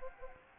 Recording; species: mosquito wingbeat signal from an infrared sensor; Anopheles gambiae